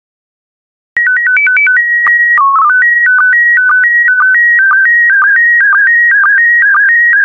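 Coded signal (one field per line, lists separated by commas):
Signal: SSTV (slow-scan television)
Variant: PD 120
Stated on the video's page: SSTV images sent in PD120 mode.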